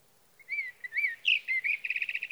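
Sage thrasher song: slurred, warbling rising-and-falling phrases followed by a fast rattling run of short repeated notes.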